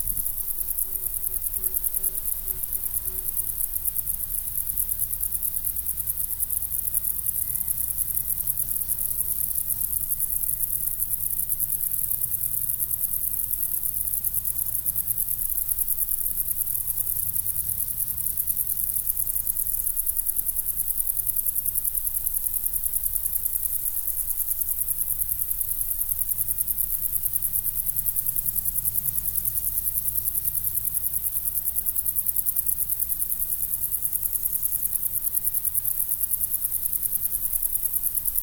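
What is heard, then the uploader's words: Crickets keep up a steady, very high shimmer across the meadow while a low wind rumble pushes and gusts underneath throughout. Windy Cricket Meadow.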